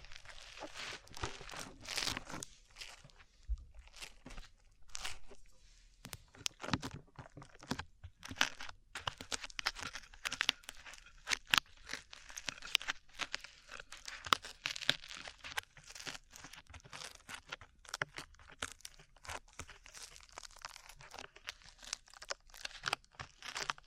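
Sticky slime is squished and pulled in a dense, uneven run of wet crackles and pops, with sharp brighter snaps scattered throughout.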